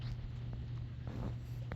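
On a Kia Sportage, the second of two driver's-side front bumper wiring harness connectors is pushed into its mating plug over a steady low hum with a couple of faint ticks. A sharp click at 1.7 s shows the connector is seated and properly secured.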